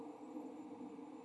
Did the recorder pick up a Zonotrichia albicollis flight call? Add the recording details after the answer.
no. No flight call is heard. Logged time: 04:29 on 29 November 2014